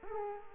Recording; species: mosquito wingbeat signal from an infrared sensor; Culex quinquefasciatus